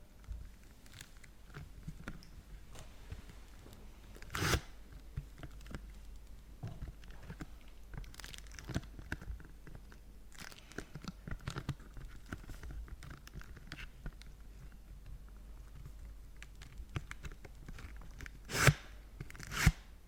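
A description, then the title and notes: Chocolate wrappers crinkle and rustle in scattered bursts, with sharp crackles near 4.5 and 18.5 seconds and soft patter and faint low murmurs throughout. Crinkle sounds on Kinder Chocolate.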